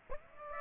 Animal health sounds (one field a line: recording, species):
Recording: mosquito wingbeat signal from an infrared sensor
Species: Aedes aegypti